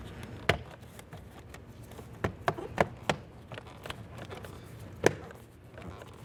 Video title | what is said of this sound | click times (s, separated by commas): How to Replace Left Exterior Mirror 2012-2018 Nissan Altima | Listen for a click all the way around and make sure it's secured. | 0.5 s, 2.5 s, 3.1 s, 5.1 s